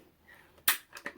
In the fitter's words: see, you heard it click up. That's not going to work.